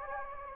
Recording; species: mosquito wingbeat signal from an infrared sensor; Anopheles gambiae